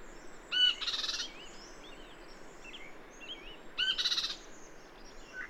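Birdsong in two loud buzzy, rattling bursts about three seconds apart, with softer thin whistled notes in between.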